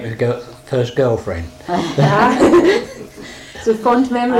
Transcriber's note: laughs